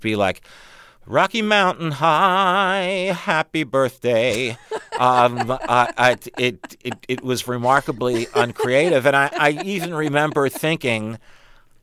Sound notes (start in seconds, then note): 0.6 singing; 4.3 laughter